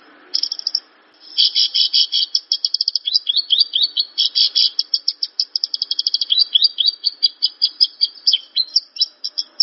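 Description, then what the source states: Javan bush lark song: a brief high note, a pause, then long fast runs of chirping notes, some buzzy and some slurred, pouring out almost without a break. Bird singing vigorously and persistently; used as a lure.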